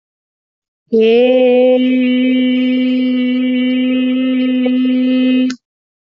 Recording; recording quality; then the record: sustained vowel as in made; excellent, no background noise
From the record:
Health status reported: healthy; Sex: female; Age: 40 years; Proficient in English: no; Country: India